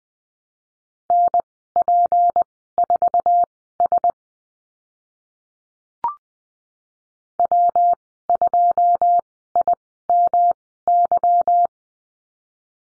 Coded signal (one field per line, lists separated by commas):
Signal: Morse code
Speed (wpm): 20 wpm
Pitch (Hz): 700 Hz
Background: none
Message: NP4S W2IMY